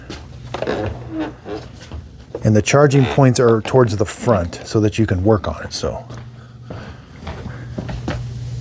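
Someone talks while handling a Mova S10 Plus robot vacuum, lining it up to be pushed onto its charging base station, whose charging points sit toward the front. A few short, faint knocks are heard near the end. Nothing has seated or clicked yet; the vacuum is not yet on the dock when the clip ends.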